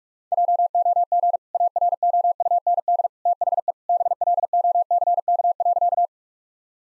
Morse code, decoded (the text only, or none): JOG AROUND THE BLOCK.